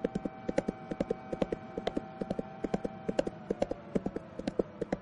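horse hooves clip-clopping

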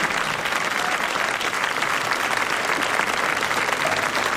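audience applause

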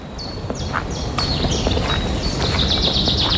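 birds singing

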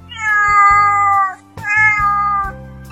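cat meowing

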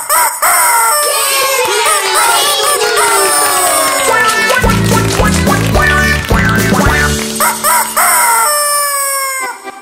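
rooster crowing

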